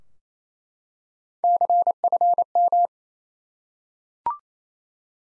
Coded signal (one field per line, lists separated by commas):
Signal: Morse code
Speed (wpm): 27 wpm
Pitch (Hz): 700 Hz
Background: none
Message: CFM